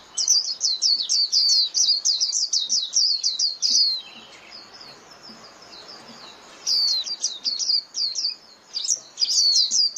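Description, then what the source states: White-eye giving a long run of fast, squeaky, high chirps, then a softer stretch of faint twitters, then lively chirping again. Lure call (mồi) used for trapping white-eyes.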